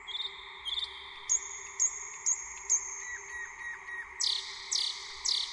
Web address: zvuk na cudna trelicka v zelena dlboka gora